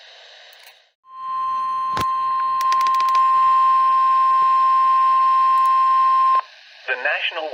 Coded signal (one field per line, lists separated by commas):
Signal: Emergency Alert System (SAME) tones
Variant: 1050 Hz attention tone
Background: speech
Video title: CHICAGO CHAOS I | EAS Alerts #3-10